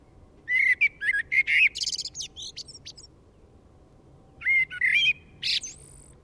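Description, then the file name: Eurasian blackbird singing a mellow whistled warble that breaks into a scratchy high twitter, then a second shorter phrase ending in a thin rising squeak. "Turdus merula"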